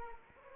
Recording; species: mosquito wingbeat signal from an infrared sensor; Anopheles arabiensis